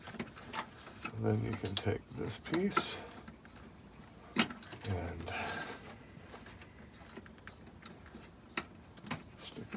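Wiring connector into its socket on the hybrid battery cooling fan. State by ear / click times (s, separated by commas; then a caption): seated / 8.6 s. A plastic wiring connector is pushed back into its socket on the hybrid battery cooling fan of a 2010–2015 Toyota Prius during reinstallation after cleaning. Someone talks while handling parts, and the connector snaps home with a short, sharp click at 8.6 s, leaving it seated.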